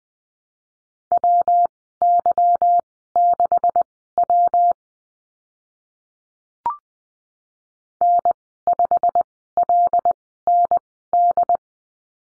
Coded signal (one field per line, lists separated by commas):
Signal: Morse code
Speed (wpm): 20 wpm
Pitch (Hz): 700 Hz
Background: none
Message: WY6W N5LND